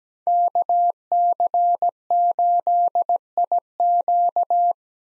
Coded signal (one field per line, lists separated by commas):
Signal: Morse code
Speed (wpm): 17 wpm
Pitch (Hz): 700 Hz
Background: none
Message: KC8IQ